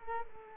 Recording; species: mosquito wingbeat signal from an infrared sensor; Culex quinquefasciatus